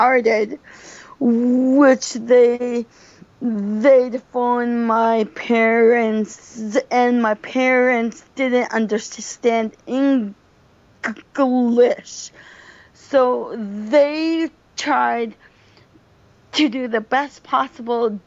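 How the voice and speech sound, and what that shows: Adult woman speaking with a stutter she has had since she started talking, with sound prolongations, a repeated initial sound and long pauses. She has been through speech therapy, where she was taught to speak slower and blend words together.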